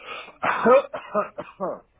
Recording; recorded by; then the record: voluntary cough; telephone call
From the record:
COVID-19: positive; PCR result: checked with the laboratory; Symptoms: no